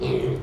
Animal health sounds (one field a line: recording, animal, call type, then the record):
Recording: contact call of a hoofed animal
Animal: pig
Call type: closed-mouth grunt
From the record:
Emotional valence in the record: negative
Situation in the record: short social isolation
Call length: 0.43 s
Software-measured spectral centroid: 1630 Hz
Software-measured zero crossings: 870 a second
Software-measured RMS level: -24 dBFS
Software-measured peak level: -12 dBFS